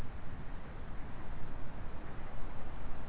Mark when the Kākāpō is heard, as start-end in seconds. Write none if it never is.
none